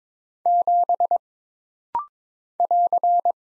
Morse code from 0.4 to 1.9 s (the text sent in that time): 7